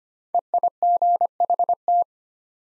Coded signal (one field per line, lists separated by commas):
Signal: Morse code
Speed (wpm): 25 wpm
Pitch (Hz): 700 Hz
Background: none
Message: EIGHT